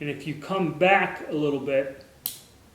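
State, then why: Seated. A man talks while the steel hammer of a Romanian TT-33 Tokarev semi-automatic pistol is drawn back slightly from the down position. At 2.3 s it gives a sharp metallic click as it seats into the half-cock safety notch, lifting the hammer face off the firing pin.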